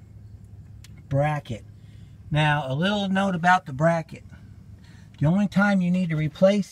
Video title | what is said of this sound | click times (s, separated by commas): 96 10 Ford Ranger Fuel Filter Replacement Part 2 | go ahead and snap it back in that | 0.9 s